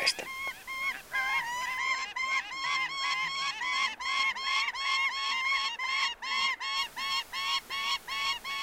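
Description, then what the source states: Gyrfalcon calls, a long series of harsh, nasal, chattering notes repeated rapidly and steadily, each with strong harmonics, continuing throughout. At nest site in an old raven's nest in a low crooked 5-6 m aspen, Utsjoki uplands, Lapland; gyrfalcons usually breed in old raven nests; among Lapland's rarest birds.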